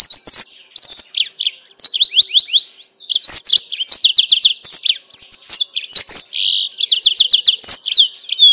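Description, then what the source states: Yellow-fronted canary singing a high, lively warble of sweet slurred whistles and rapid chattering trills. Mozambique singer used as a bird-keepers' training recording for captive birds.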